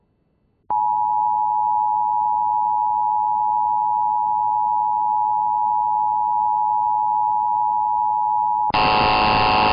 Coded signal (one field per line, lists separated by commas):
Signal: Emergency Alert System (SAME) tones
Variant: 853 and 960 Hz attention tone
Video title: EAS #99-100!!!!!! EBS Test Audio + EXTREMELY Rare Flash Flood Warning